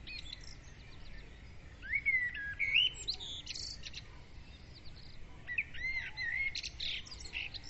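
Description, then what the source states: Birds singing, with clear whistled phrases rising and falling around two seconds and again near six seconds, plus high chirps and a soft background hiss. Dawn bird chorus, recorded at dawn with a Zoom recorder.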